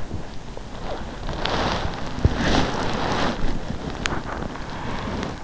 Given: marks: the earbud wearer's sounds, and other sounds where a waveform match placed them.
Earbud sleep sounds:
sounds in sleep by an in-ear microphone; body movement
0.00-5.37 s: body movement

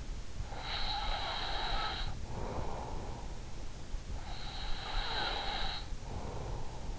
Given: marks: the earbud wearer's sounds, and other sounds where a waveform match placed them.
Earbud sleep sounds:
sounds in sleep by an in-ear microphone; breath
0.35-2.93 s: breath
4.47-6.87 s: breath

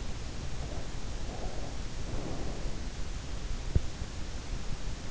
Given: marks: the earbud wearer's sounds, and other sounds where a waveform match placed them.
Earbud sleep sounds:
sounds in sleep by an in-ear microphone; breath
1.23-2.90 s: breath

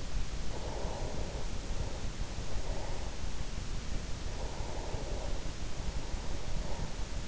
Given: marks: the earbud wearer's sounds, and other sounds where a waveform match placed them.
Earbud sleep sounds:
sounds in sleep by an in-ear microphone; breath
0.28-3.57 s: breath
4.06-7.28 s: breath

